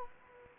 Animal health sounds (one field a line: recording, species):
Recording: mosquito wingbeat signal from an infrared sensor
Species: Anopheles gambiae